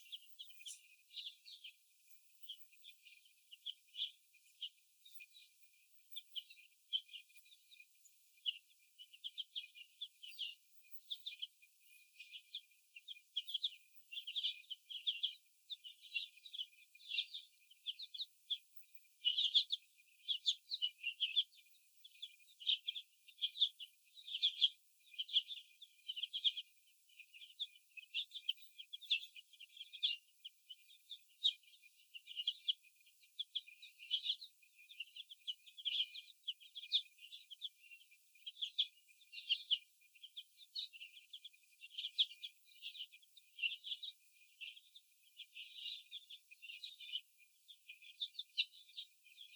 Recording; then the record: young laying hens in a cage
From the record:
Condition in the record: after the stressor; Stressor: sudden umbrella opening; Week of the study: 2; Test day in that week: 1